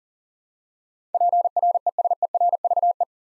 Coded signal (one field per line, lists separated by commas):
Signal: Morse code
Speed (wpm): 40 wpm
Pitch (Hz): 700 Hz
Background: none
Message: PRESERVE